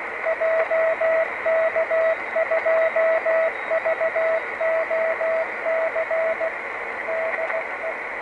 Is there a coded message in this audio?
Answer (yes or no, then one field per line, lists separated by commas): yes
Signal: Morse code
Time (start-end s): 0.3-7.9 s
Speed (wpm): 16 wpm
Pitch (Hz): 660 Hz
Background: speech, radio noise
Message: JK2VOC DE